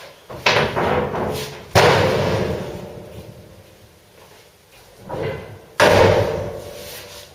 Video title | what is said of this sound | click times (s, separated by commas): Classic Car Resto - Mk3 Cortina - Project Bramble Ep25 pt2 | Snaps into place. | 0.5 s, 5.8 s